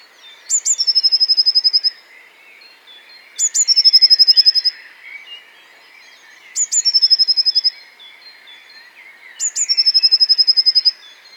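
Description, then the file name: Eurasian blue tit singing four times, about every three seconds, each phrase two high notes leading into a fast, steady trill lasting over a second. "Cyanistes caeruleus"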